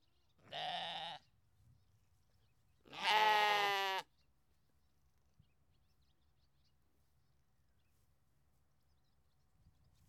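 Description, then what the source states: Sheep giving two bleats in the first four seconds, a short one then a longer, louder one, followed by quiet. Belgian sheep.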